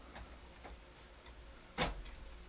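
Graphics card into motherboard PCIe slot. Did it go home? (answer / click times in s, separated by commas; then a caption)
no / none. An RTX 4070 Ti graphics card is handled at a motherboard's PCIe x16 slot during a PC build with an i7 13700KF. Faint ticks and rubs are followed by a sharper, louder knock at about 1.8 s, then soft low-level handling noise. The card has not yet seated or clicked into the slot.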